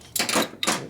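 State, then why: Torque reached. A torque wrench tightens a bolt on the engine case of a 1972 Harley-Davidson Sportster ironhead XL/XLCH during a case repair and motor rebuild. A burst of ratcheting-like noise comes first, then a single sharp click at 0.6 s. The click shows the wrench reached its setting and the fastener is confirmed tight.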